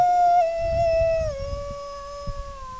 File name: wolf howl